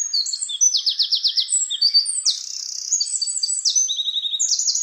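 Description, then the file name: Eurasian wren's shrill song throughout: fast rattled trills alternating with clear high notes, steady and unbroken. "Troglodytes troglodytes"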